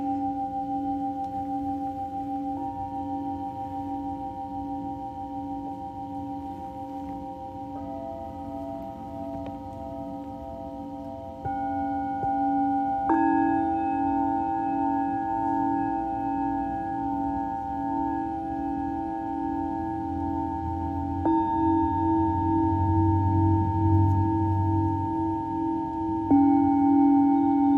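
Singing bowls ring in long, steady overlapping tones, with a strong low hum and several brighter pure tones layered above. New bowls are struck around 8, 11, 13, 21 and 26 seconds, each adding a fresh ring and making the sound gradually fuller and louder.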